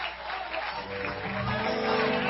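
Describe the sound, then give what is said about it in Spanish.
An audience applauds in a dense, steady wash of clapping that swells slightly, with low sustained instrumental notes entering beneath it partway through. “Dele aplauso a papá, corre,”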